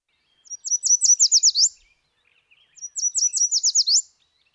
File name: yellow warbler